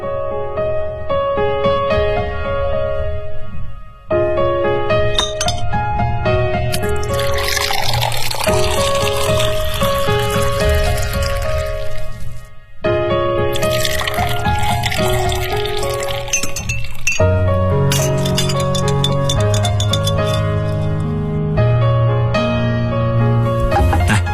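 Liquid pours and sloshes as ice and glass clink while a Kahlua milk cocktail of coffee liqueur and milk is mixed, a steady, fairly loud stretch broken by two brief pauses, with no one speaking.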